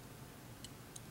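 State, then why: Not seated. A catheter is advanced off an IV catheter introducer needle, which is meant to retract into its plastic safety housing and lock with a click so it can no longer be pulled back. Over a quiet background hum, two faint, brief high-pitched ticks come at about 0.6 and 1.0 seconds. The needle has not yet retracted fully, and nothing has seated or clicked into place by the end of the clip.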